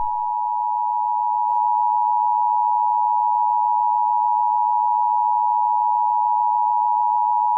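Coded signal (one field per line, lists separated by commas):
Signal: Emergency Alert System (SAME) tones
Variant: 853 and 960 Hz attention tone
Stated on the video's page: Joke EAS scenario, not a real alert.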